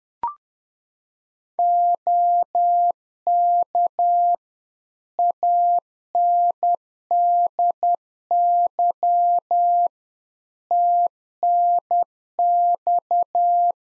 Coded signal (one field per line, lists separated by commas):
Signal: Morse code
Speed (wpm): 10 wpm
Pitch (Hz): 700 Hz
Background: none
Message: OK ANDY TNX